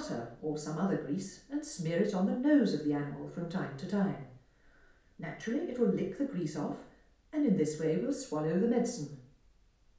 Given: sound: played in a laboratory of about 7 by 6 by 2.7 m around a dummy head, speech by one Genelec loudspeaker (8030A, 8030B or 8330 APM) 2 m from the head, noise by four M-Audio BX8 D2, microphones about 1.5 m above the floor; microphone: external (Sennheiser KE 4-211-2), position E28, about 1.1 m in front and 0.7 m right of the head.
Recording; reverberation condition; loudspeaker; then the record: female speech in English; medium; 60 degrees to the left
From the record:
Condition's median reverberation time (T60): about 510 ms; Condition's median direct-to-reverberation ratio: about -0.5 dB